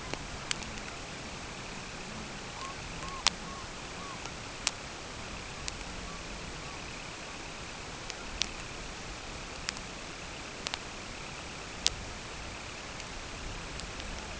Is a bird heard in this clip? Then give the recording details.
yes. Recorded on Arctic tundra, site CORI-1, on 12 June 2018. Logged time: 08:00